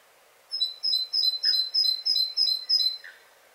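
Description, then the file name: Great tit song: about eight quick high two-note phrases repeated rhythmically, alternating higher and lower pitch, with a couple of softer lower notes, one near the end. "Parus major"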